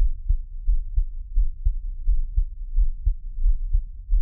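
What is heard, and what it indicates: Steady, deep thudding heartbeat in paired lub-dub groups, about 86 per minute, heard up close, with no talking and a faint low hum underneath. This is an adult's own heartbeat with an even, regular rhythm.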